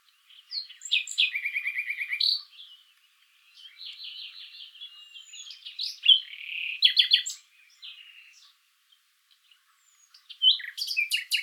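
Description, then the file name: Common nightingale song: a rapid repeated-note trill, softer warbling passages, then loud stuttering bursts, with brief silences between phrases. "Luscinia megarhynchos"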